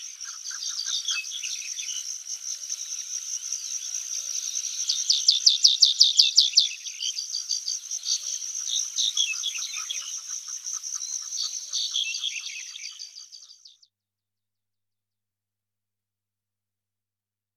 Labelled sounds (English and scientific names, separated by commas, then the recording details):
White-capped Bunting (Emberiza stewarti) song
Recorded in the wild
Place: Altyn Emel Nationalpark, KZ
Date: 2000-05-19
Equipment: MiniDisc Sharp MT 20 H
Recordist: Schwarz, Dieter